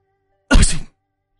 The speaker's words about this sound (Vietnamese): Vừa ra khỏi dịch quán, hắt hơi một cái thật mạnh.